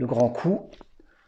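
An extendable neck piece is being pushed into the torso of a plastic action figure while someone talks. Faint handling noises follow near the end. Nothing has seated or clicked yet.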